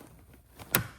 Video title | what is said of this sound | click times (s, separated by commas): How to Install Baby Jogger City Turn Car Seat - Rear Facing | once you hear that audible click, you know you're good. | 0.8 s